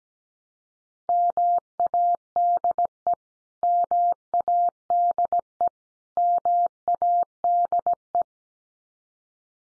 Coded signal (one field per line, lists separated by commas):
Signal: Morse code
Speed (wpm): 17 wpm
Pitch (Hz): 700 Hz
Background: none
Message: MADE MADE MADE